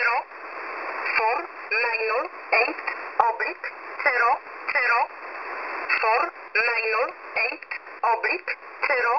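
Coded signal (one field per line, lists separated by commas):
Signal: numbers station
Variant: E11 Oblique, English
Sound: a voice reading digits in repeating groups over shortwave static, evenly paced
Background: radio static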